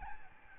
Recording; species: mosquito wingbeat signal from an infrared sensor; Aedes albopictus